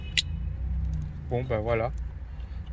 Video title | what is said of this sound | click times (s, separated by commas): vlog autoradio JVC dans la suzuki alto #tuto #JVC #SUZUKI | Là c'est clipsé et normalement ben ça | 0.2 s